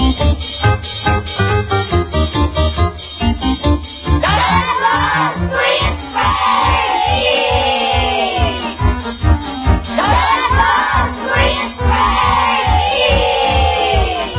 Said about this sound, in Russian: Кричали ребята, когда Пеппи вернулась к ним на дорогу.